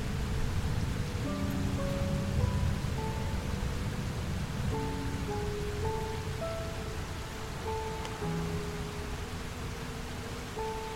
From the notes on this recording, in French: un mélange unique de son d'orage et de musique douce